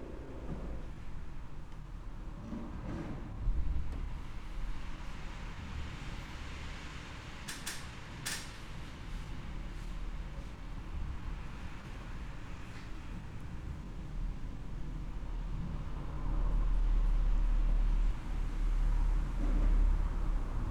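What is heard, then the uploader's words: Outdoor summer field recording with a steady low rumble like traffic, two brief bright clicks near eight seconds, and louder low gusts after sixteen seconds. Summer stellar (unprocessed stereo field recording) Asti/Villa Deati, Montferrat, Italy.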